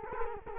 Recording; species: mosquito wingbeat signal from an infrared sensor; Culex quinquefasciatus